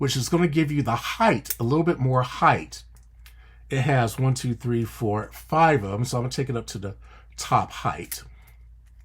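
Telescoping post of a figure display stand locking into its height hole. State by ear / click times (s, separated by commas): not seated / none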